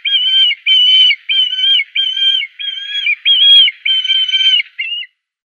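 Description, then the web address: Black kite calling: a run of eight clear, slightly quavering whistled notes, evenly paced, the last one short and falling, with no other sounds. "Schulze Peter Black Kite"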